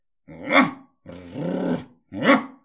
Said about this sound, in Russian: Отозвался пес, обнаружив человека.